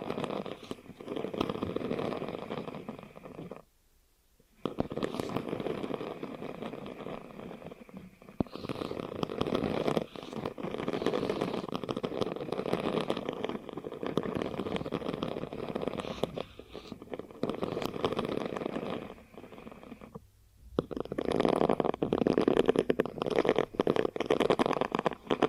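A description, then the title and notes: Hypnotic ear triggers: dense, soft rustling and rubbing sounds with a warm low-mid body, moving in long steady passes. Brief near-silent gaps break it around 4 and 20 seconds, and a brighter, crisper scratching stretch follows the second gap. ASMR Hypnotic Ear Triggers for Instant Sleep (No Talking).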